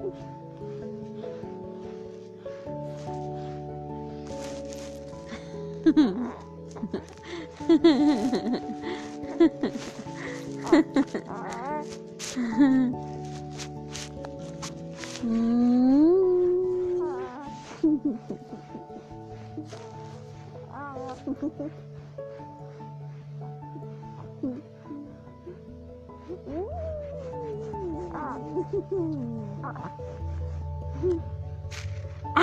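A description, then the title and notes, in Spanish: A baby babbles and coos in short, rising and falling bursts, loudest around six to nine seconds, again near fifteen to seventeen, and once more near twenty-seven. Soft, steady music with a low, sustained bass plays underneath throughout. Murmullo. Balbuseo de bebé.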